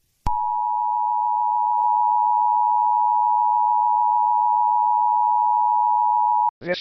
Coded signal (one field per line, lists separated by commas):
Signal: Emergency Alert System (SAME) tones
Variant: 853 and 960 Hz attention tone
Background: speech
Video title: Eas Scenario The 5 beasts (Part 4) It's almost over